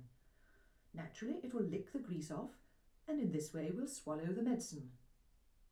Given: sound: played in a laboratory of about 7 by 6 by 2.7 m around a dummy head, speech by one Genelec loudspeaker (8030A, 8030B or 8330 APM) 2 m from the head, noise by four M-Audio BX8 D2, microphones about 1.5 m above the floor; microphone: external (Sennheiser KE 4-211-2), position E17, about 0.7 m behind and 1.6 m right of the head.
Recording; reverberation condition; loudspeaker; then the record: female speech in English; low; behind (180 degrees)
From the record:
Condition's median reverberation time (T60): about 310 ms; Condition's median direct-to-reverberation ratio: about 3.5 dB